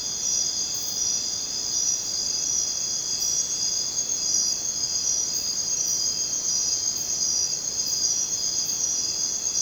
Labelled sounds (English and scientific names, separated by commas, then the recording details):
none
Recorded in dense forest near Puerto Asís, Putumayo, Colombia, on 23 June 2025 at 00:30
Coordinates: 0.484, -76.317
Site G045